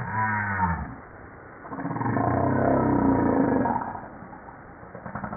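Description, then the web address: Humpback whale calls: a short harmonic moan, then a longer rough, grinding groan that swells and fades. From a 2013 JASA publication. "JASA 2013 Blue Bowhead Fin Humpback Southern Right Whale humpback 940305 0937"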